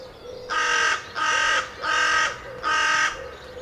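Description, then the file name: Carrion crow caws, four harsh, rasping calls, each about half a second long, at a steady pace. "Corvus corone"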